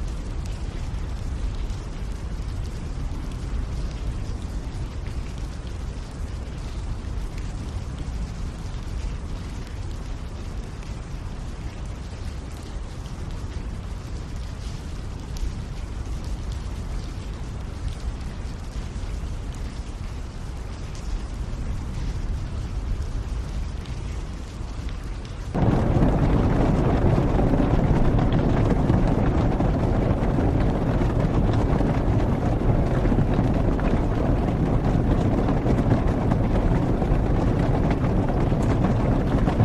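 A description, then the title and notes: Rain falls as a steady, dense hiss with a deep rumbling undertone for the first twenty-five seconds. Around the twenty-five second mark the sound abruptly grows louder and fuller, the downpour thickening into a heavier, brighter roar that holds evenly to the end. Serene Rain Sounds.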